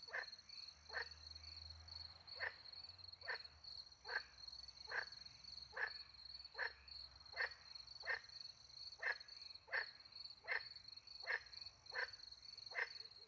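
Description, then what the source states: Frog calling persistently, about sixteen short harsh croaks in a loose steady rhythm, with crickets ringing continuously above. Frogs with crickets in French countryside at night; microphones hidden in a tree near a small pond; recorded with two Usi Pro microphones into a MixPre-10 II.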